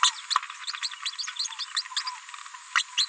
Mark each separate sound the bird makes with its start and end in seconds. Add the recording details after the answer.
0.03-0.10, 0.30-0.34, 0.84-0.88, 1.39-1.48, 1.60-1.65, 1.76-1.82, 1.96-2.01, 2.77-2.83, 2.97-3.05. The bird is a female. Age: 31 days. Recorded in a nest box in Venezuela. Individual 17B73B2